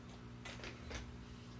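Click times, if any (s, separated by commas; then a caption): none. A plastic wheel assembly is pushed onto a pet stroller frame during assembly, producing a few short scraping, rattling handling bursts over a steady low hum, the sharpest near 0.6 s. Nothing has seated or clicked into place yet.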